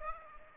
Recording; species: mosquito wingbeat signal from an infrared sensor; Aedes aegypti